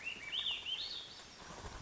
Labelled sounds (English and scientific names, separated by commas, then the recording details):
Swainson's Thrush (Catharus ustulatus)
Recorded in Sonoma County, California